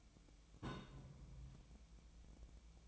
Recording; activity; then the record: daily activity, microphone in the room; place on stove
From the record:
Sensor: 1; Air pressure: 1000.0 hPa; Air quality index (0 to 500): 134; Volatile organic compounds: 2 ppm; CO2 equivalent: 1268 ppm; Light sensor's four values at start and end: 38/97/41/50 and 39/98/41/51